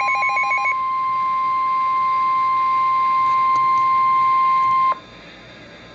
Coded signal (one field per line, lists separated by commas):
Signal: Emergency Alert System (SAME) tones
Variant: 1050 Hz attention tone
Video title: Svr T'stm Warning (EAS #444)